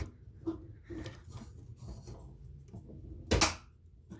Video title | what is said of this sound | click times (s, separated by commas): Fuel Pump Replacement - ULTIMATE GUIDE - Ford Mustang (1994-2004) | and that's the click sonu here and then just give it a little wiggle to make sure it's solid in there | 3.3 s